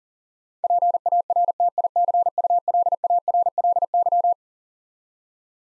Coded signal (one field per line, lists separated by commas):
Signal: Morse code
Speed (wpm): 40 wpm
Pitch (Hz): 700 Hz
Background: none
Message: PARTICULARLY